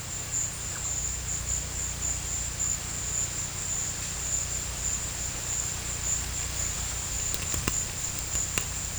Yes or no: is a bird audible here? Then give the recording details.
no. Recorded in pastures near Puerto Asís, Putumayo, Colombia, on 16 December 2024 at 16:00. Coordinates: 0.472, -76.331. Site GP02